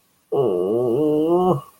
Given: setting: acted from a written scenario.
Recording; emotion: vocal sound without words; guilt